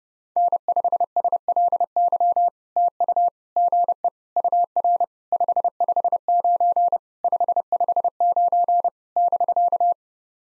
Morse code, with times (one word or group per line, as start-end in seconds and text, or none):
0.4-2.5 N5SLY
2.8-3.3 TU
3.6-4.1 GE
4.4-5.0 UR
5.3-7.0 559
7.2-8.9 559
9.2-9.9 <BK>